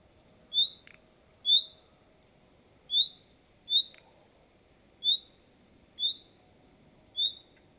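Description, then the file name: Common nightingale uttering short, pure high whistles, each with a brief upward slur, spaced about a second apart over a quiet background. "Luscinia megarhynchos"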